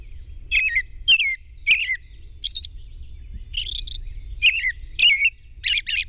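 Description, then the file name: European robin song: bright, high twittering notes and trills in several short phrases at irregular gaps. Recorded at dawn on 21 June 2001. "2001-06-21 Robin Dawn"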